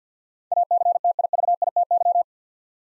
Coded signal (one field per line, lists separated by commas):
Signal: Morse code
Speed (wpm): 50 wpm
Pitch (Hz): 700 Hz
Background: none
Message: ACTIVITY